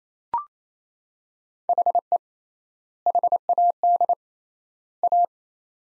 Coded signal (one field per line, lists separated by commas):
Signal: Morse code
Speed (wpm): 28 wpm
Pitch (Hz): 700 Hz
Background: none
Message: HE HAD A